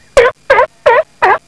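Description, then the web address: Poultry calls: four loud, rough, gobbling bursts in a steady rhythm. "特酷声音素材库 动物 家禽 其他"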